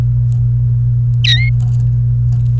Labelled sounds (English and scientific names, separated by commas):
Domestic Canary (Serinus canaria) song